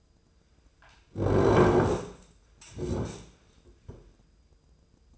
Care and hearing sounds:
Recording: daily activity, microphone in the room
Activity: sit down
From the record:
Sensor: 2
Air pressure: 995.8 hPa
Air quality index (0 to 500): 241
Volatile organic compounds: 1000 ppm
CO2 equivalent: 5946 ppm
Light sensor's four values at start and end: 25/59/26/29 and 27/65/29/32

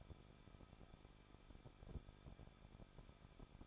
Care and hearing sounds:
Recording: daily activity, microphone in the room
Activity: no activity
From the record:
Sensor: 5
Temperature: 20.8 degrees Celsius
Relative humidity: 38.4%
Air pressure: 1006.5 hPa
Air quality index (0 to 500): 189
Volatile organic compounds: 19 ppm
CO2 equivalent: 2671 ppm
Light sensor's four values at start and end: 2/3/1/1 and 2/3/1/1

